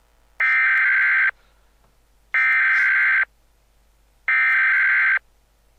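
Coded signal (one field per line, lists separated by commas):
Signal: Emergency Alert System (SAME) tones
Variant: header bursts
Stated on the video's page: Fan-made EAS scenario, not a real alert.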